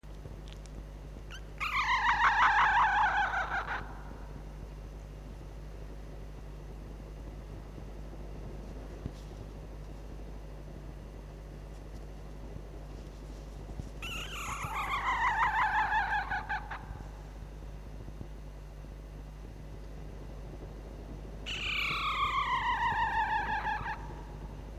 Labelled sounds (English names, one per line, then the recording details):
Red Fox
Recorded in captivity
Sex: female
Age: juvenile
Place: Zoologisches Institut der HUB, Berlin, DE
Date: 1956-05-13 12:30
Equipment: Elmetra
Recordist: Tembrock, Günter